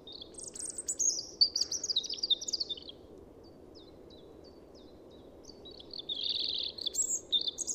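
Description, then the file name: European robin song: a tumbling phrase of high, thin warbled notes that slide downward, a pause with faint ticks, then a second sweet twittering phrase, over steady low rumble. "Erithacus rubecula"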